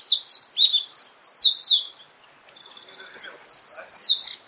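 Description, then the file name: Indigo flycatcher song, a run of high, sweet warbled notes sliding up and down, a brief pause, then another jumbled phrase. "sikataninon omkicau"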